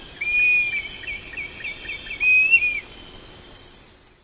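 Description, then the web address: Dusky-capped flycatcher giving two long, mournful whistles above a continuous high-pitched insect chorus. Recorded in the eastern lowlands of South America. "Natures Songs S America Eastern Lowlands. Dusky-capped Flycatcher"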